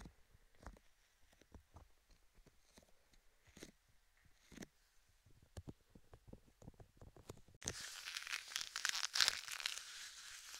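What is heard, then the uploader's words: Soft tapping and rubbing with gloves, cupped right by the ears, comes in quick irregular bursts of dull knocks. Near the eight-second mark a bright, dense crinkling hiss takes over and stays to the end, with taps continuing underneath. ASMR Binaural Triggers Ear to Ear Cupping, Tapping with Gloves (3DIO).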